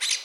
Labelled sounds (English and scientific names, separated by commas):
Brown-throated Parakeet (Eupsittula pertinax) contact call